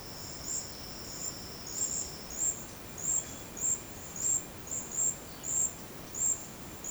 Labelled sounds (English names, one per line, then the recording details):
none
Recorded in secondary vegetation near Puerto Asís, Putumayo, Colombia, on 19 February 2024 at 11:30
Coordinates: 0.472, -76.331
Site G6371